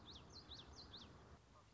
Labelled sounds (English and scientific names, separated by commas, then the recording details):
Common Yellowthroat (Geothlypis trichas)
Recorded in Sonoma County, California